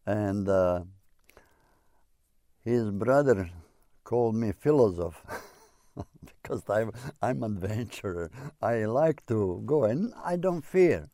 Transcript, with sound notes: And ah, his brother called me Philosoph, (he laughs) because I'm adventurer. I like to go and I don't fear.